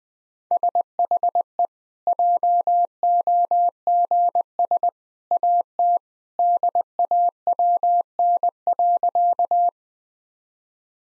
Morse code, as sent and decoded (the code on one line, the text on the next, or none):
... .... . / .--- --- --. ... / .- - / -.. .- .-- -. .-.-.-
SHE JOGS AT DAWN.